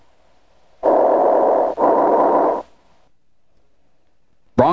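Bronchial breath sounds over an area of atelectasis in an adult chest by stethoscope: high-pitched, hollow, tubular sounds heard throughout inspiration and expiration, audible with bell or diaphragm. Atelectasis from thick uncleared secretions occluding the airway, collapsing segmental or lobar bronchi, with the bronchus patent.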